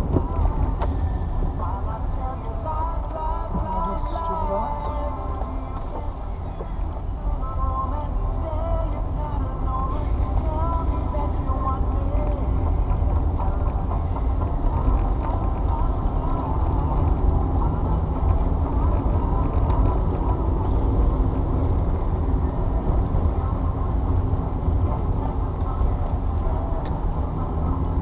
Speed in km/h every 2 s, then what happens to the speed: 29, 13, 10, 11, 16, 23, 26, 24, 26, 31, 34, 34, 31, 29.
0-3 brakes to 10. 3-11 speeds up to 26. 15-19 speeds up to 34. 19-28 steady at about 31.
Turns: none.